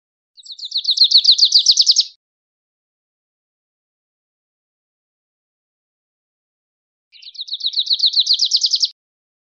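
Grace's warbler song: two quick, high buzzy trills of rapidly repeated notes, each lasting under two seconds, separated by about five seconds of silence.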